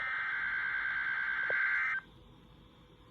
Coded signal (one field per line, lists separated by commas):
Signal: Emergency Alert System (SAME) tones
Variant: header bursts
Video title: 2 IN ONE! Severe T-Storm and Tornado Watch (EAS #4)